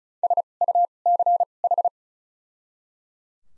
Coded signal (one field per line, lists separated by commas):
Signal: Morse code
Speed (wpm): 36 wpm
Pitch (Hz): 700 Hz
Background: none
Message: S U C H